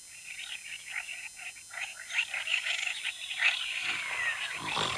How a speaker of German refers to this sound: Die Frösche quaken.